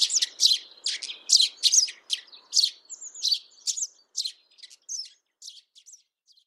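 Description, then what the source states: House sparrow chatter, a run of loud, harsh chirps in quick succession, growing softer toward the end, with faint low background noise early on. Calls described as chatty or argumentative.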